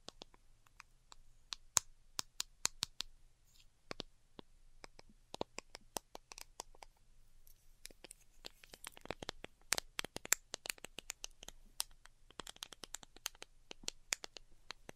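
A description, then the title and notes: Delicate tapping: sharp, bright clicks land in uneven bursts throughout, sometimes singly, sometimes in quick clusters, busiest around the middle and toward the end. A faint steady low hum sits underneath, with soft quiet gaps between the taps. ASMR DELICATE Tapping for Sleep (No Talking).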